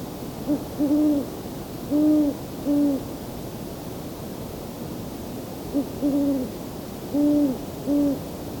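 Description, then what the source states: Owls hooting in two bursts of about four hoots each, separated by a pause of a few seconds, over soft background hiss. Male and female hooting; male and female have slightly different tones, and couples often sing in duet.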